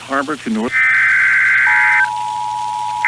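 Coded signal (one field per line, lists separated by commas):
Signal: Emergency Alert System (SAME) tones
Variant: header bursts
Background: speech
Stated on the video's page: Fictional EAS scenario about a large tornado outbreak in Tornado Alley, not a real alert.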